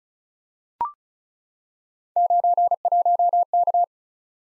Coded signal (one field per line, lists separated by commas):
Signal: Morse code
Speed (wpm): 36 wpm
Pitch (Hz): 700 Hz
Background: none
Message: 91K